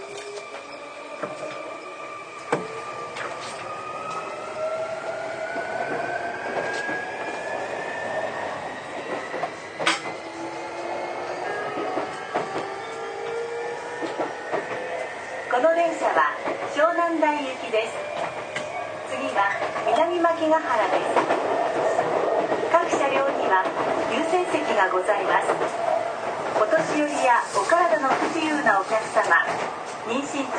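A Sotetsu 20000 series train accelerates, its motor whine climbing steadily in pitch through the first half while wheel clunks sound now and then. Around the midpoint the ride grows louder, and a voice, likely an onboard announcement, continues over the rumble.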